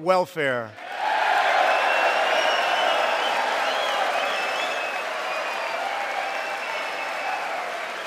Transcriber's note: applause